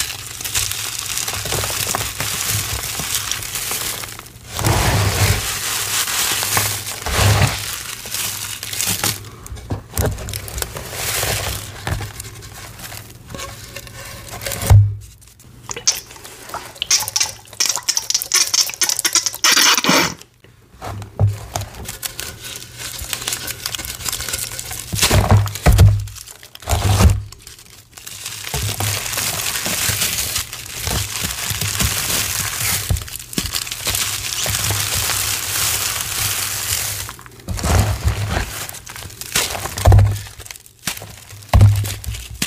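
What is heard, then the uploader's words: Confetti is crushed and rustled, a dense papery crinkling that runs almost the whole time. The scrunching comes in uneven handfuls with brief pauses near 15 and 20 seconds, and a low hum sits beneath it. 18 Mins of Prep + Confetti Crushes!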